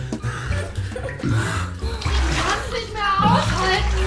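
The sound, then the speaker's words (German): Water splashes and churns in a bathtub, the bath water not yet hot, as a steady wash of noise, heard beneath voices talking throughout. “Dein Wasser ist noch nicht heiß.”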